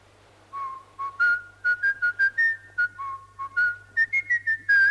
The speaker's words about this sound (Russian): Что ты свистишь? А эту песню поют все люди леса.